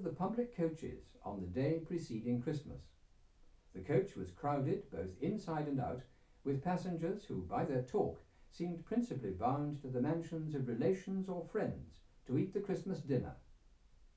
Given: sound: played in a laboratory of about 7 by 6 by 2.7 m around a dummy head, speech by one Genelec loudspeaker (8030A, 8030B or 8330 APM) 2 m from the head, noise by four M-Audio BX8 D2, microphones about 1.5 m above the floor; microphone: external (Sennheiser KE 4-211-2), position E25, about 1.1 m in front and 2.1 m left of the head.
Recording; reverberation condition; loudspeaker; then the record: male speech in English; low; in front (0 degrees)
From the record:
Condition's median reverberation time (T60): about 310 ms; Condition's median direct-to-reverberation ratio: about 3.5 dB